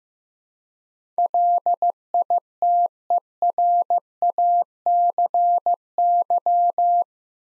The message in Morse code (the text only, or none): LITERACY